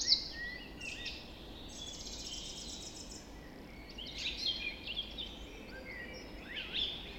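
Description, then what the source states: Birds singing, trills and high whistled notes, quieter mid-stretch, then scattered chirps return over faint background hiss. Dawn chorus recorded just after dawn in the Forest of Dean.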